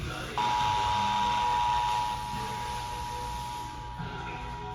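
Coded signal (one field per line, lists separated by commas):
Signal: Emergency Alert System (SAME) tones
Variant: 853 and 960 Hz attention tone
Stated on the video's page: Recorded Maryland tornado drill tests, filmed in a restaurant restroom with background noise.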